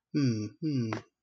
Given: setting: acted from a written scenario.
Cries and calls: vocal sound without words; sympathy

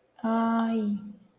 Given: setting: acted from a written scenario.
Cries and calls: vocal sound without words; pain

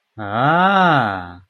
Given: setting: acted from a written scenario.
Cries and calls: vocal sound without words; awe

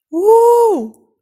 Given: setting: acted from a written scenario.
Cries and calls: vocal sound without words; triumph

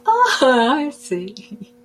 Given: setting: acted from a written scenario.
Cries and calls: vocal sound without words; realization

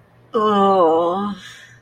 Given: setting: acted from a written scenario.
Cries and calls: vocal sound without words; shame

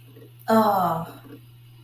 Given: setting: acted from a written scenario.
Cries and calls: vocal sound without words; disappointment

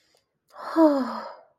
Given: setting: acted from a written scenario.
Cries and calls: vocal sound without words; romantic love

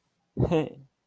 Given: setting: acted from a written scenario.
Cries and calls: vocal sound without words; interest

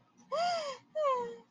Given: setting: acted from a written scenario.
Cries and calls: vocal sound without words; positive surprise

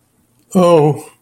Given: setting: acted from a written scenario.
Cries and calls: vocal sound without words; shame

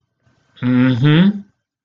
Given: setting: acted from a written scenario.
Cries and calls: vocal sound without words; pride

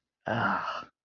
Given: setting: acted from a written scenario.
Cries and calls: vocal sound without words; guilt

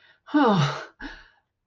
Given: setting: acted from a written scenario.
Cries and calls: vocal sound without words; relief

